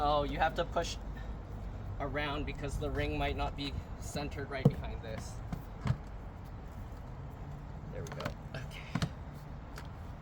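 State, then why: Seated. Someone talks while pushing around the edge of the plastic center piece of an updated, recalled Tesla Cybertruck aero wheel cover to center the wheel cover ring behind it, with scattered light knocks and taps along the way. The center piece snaps into the ring with a quick pair of sharp clicks at about 9.0 s, and it is confirmed seated.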